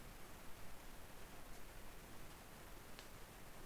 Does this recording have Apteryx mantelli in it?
no